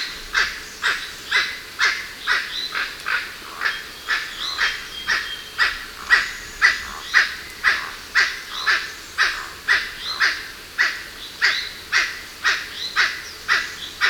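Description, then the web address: Emerald toucanet giving a steady series of harsh, croaking barks, about two each second, with faint thin whistles from other birds in the background. Recorded in Ecuador. "S America Birds of Ecuador. Emerald Toucanet"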